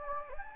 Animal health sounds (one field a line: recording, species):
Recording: mosquito wingbeat signal from an infrared sensor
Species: Anopheles gambiae